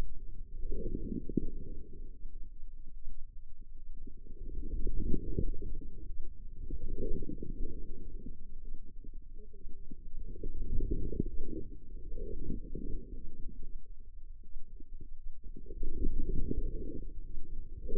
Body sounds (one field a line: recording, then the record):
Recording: forearm muscle sounds (acoustic myography)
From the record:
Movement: inward rotation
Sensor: system 2, bracelet of six BSWA MPA416 microphones around the upper forearm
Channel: 2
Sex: female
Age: 25 years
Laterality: right